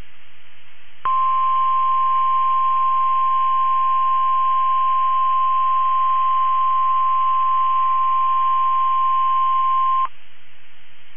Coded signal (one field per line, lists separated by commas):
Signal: Emergency Alert System (SAME) tones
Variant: 1050 Hz attention tone